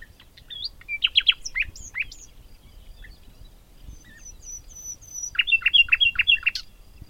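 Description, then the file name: Common nightingale song: scattered varied chirps and whistles, a few thin high whistles, then a fast rhythmic series of about six loud repeated notes at the end. "Luscinia megarhynchos"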